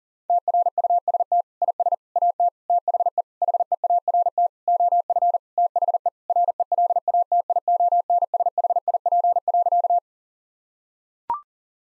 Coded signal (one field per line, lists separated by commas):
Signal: Morse code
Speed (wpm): 40 wpm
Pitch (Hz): 700 Hz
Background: none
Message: TRUST IS AT THE HEART OF THE RELATIONSHIP.